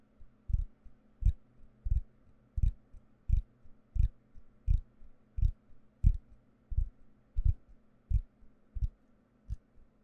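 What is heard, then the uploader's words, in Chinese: Wooden tools tap out a slow, even beat, roughly one soft knock every three-quarters of a second for the whole ten seconds. Each hit is a dull, low thud with a faint crisp click on top. A quiet, steady hum sits underneath. ASMR 木製器具觸發 | Wood Triggers To Help You Sleep | NO Talking。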